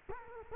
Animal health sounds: mosquito wingbeat signal from an infrared sensor; Culex quinquefasciatus

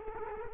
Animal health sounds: mosquito wingbeat signal from an infrared sensor; Culex quinquefasciatus

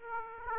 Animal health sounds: mosquito wingbeat signal from an infrared sensor; Aedes aegypti

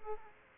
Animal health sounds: mosquito wingbeat signal from an infrared sensor; Aedes aegypti

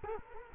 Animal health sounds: mosquito wingbeat signal from an infrared sensor; Culex quinquefasciatus

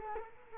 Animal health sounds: mosquito wingbeat signal from an infrared sensor; Culex quinquefasciatus

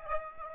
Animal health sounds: mosquito wingbeat signal from an infrared sensor; Aedes aegypti

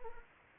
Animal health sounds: mosquito wingbeat signal from an infrared sensor; Anopheles arabiensis

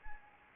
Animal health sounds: mosquito wingbeat signal from an infrared sensor; Anopheles arabiensis

